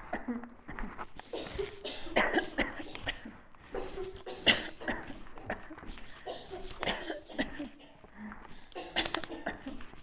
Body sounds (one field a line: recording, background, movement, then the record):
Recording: voluntary coughing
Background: a bystander coughing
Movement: walking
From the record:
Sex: female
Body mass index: 25.5 kg/m2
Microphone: on the chest, facing the body